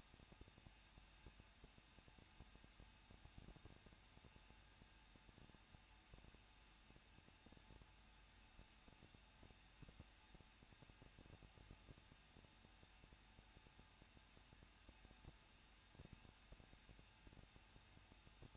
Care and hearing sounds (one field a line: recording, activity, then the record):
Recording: daily activity, microphone in the room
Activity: no activity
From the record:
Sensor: 2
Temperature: 21.0 degrees Celsius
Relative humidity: 37.5%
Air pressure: 1006.3 hPa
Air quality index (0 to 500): 223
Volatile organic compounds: 25 ppm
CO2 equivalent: 2831 ppm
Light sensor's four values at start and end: 2/3/2/2 and 2/3/2/2